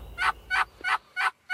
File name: Turkey